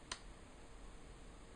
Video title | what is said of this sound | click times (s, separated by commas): ThinkPad 380 series error codes 161 and 163 | and just gently push it inwards and then push down and you'll hear click | 0.1 s